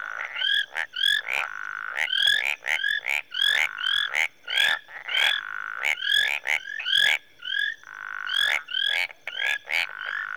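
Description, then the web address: Tree frogs in dense chorus: quick rattling clicks alternating with short rising whistled notes, several animals overlapping, and a faint steady high hum behind. Marsh tree frogs in Rwanda in the early evening. "Sound Effects Library (Africa- The Natural World) Rwanda- Marsh Tree Frogs, early evening"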